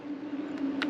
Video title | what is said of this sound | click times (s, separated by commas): [15] Mossburg 835 (500) (535) (590) Take Down & Reassemble | and locks in place drops down | 0.8 s